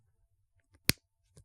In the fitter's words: all right you heard that you heard me snap this in